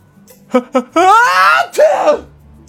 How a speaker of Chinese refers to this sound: 赵普正闻了闻公孙递到鼻子下边的罐子，就感觉一股刺鼻的气味直接钻进了鼻子里，于是九王爷扬起脸来了一个惊天动地的喷嚏。